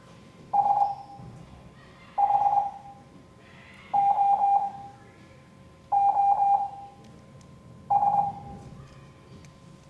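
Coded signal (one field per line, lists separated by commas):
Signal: Morse code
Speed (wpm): 21 wpm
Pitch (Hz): 800 Hz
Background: none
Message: SHOOS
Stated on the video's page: Morse code class lesson.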